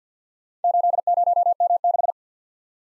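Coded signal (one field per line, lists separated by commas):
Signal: Morse code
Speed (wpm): 53 wpm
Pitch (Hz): 700 Hz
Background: none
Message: 80M6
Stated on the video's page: Morse practice drill of random four-character letter-number groups at 50 wpm, each sent, then spoken, then sent again for head-copy.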